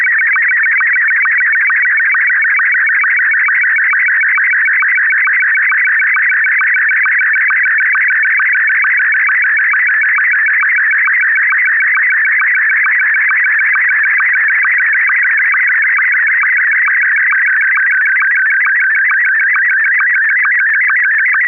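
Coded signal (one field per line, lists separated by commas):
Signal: SSTV (slow-scan television)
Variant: Martin 1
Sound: steady warbling, chirping tone with regular short low ticks about twice a second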